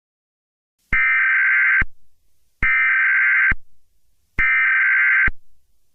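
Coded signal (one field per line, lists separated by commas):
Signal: Emergency Alert System (SAME) tones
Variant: header bursts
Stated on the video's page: Fictional EAS scenario.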